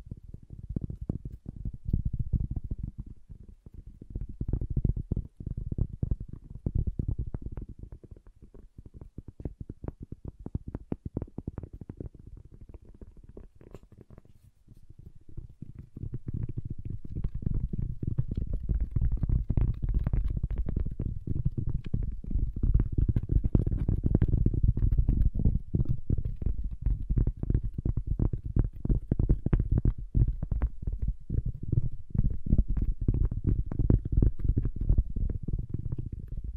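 Wood triggers: a dense, low rubbing and scraping texture packed with quick tiny clicks and taps. It eases and thins out around the fourteen-second mark, then returns fuller and steadier, staying busy and deep through to the end.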